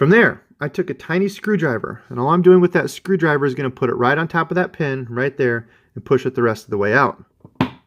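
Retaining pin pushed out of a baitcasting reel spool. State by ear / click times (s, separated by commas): released / 7.6 s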